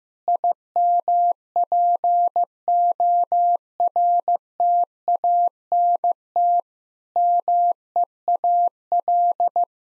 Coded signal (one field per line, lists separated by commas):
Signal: Morse code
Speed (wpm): 15 wpm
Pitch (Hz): 700 Hz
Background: none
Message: IMPORTANT MEAL